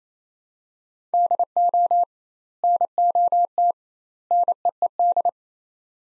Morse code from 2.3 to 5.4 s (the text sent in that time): NOT NEED